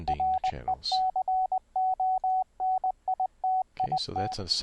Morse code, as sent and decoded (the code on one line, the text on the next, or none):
.-. . -.-. --- -. .. - .. -
RECONITIT